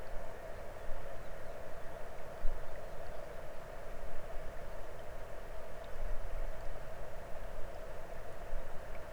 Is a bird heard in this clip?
yes